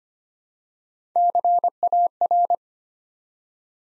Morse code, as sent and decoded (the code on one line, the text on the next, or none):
-.-. .- .-.
CAR